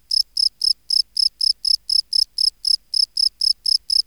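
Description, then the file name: Field cricket chirping, shrill pulsed chirps repeated roughly four times a second in an even, unbroken rhythm. "Gryllus campestris"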